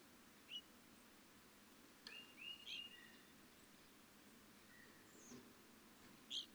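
Evening grosbeak calls: brief, clear high chirps spaced irregularly, with a small cluster of several notes near the middle, over a steady soft hiss.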